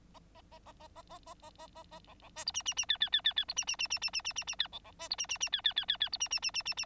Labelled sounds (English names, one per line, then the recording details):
Bengalese Finch song
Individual Bird9